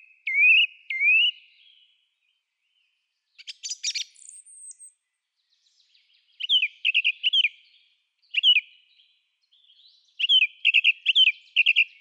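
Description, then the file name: Song thrush song: two rising whistled notes, then a harsh scratchy burst, followed by quick bright phrases repeated several times in rapid bursts. "Grive musicienne"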